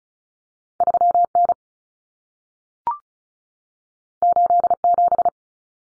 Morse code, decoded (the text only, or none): 3N 87